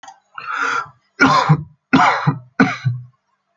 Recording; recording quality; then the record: heavy voluntary cough; excellent, no background noise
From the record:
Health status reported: healthy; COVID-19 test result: not tested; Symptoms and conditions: none ticked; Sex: male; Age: 21 years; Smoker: not ticked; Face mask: not worn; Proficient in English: yes